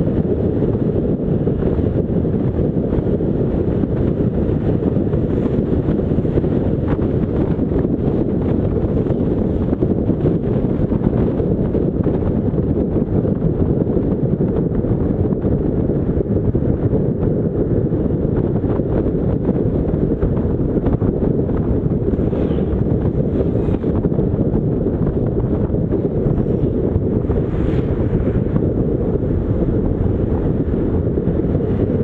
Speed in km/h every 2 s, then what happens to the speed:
112, 75, 76, 77, 79, 79, 73, 66, 62, 62, 65, 62, 57, 49, 47, 48.
0-2 brakes to 75. 2-10 steady at about 77. 10-16 slows to 62. 16-21 steady at about 62. 21-26 slows to 49. 26-32 steady at about 48.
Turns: none.